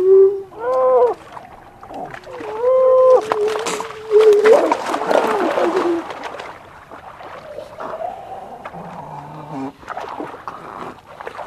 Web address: gray seal